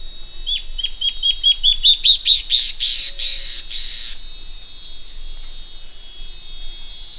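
Bird song: a fast series of sharp, high downslurred notes speeding up into a buzzy trill, then quiet background hiss.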